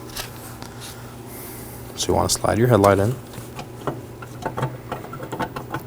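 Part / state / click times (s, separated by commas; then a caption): low beam bulb into headlight housing / not seated / none. A low beam bulb for a 2013-2019 Nissan Sentra is slid into the headlight housing and lined up with its locking tabs, ahead of being twisted in clockwise. Someone talks, and a series of short, light handling taps follows. Nothing has seated or clicked yet.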